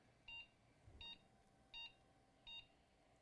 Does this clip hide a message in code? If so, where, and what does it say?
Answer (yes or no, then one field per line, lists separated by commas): no